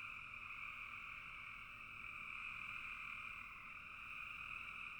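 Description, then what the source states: Dense frog chorus, high-pitched and unbroken, with overlapping callers blending into a steady hum. Frogs in a bog.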